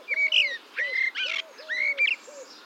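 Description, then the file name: Common blackbird singing whistled, warbling notes over a lower series of repeated hooting notes. "Turdus merula"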